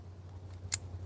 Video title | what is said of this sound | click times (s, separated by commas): Food Chain Challenge live! #fishing #outdoors #family | And then you've got a little capper that has to go down till it clicks. | 0.7 s